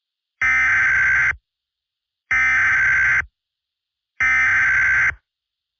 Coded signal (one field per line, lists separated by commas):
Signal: Emergency Alert System (SAME) tones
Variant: header bursts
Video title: EAS Scenario 1: Monika's Rampage (Part 3)